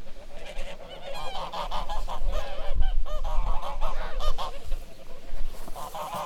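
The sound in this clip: Goose: geese give a steady stream of overlapping honks, a busy chorus growing louder midway and then easing off.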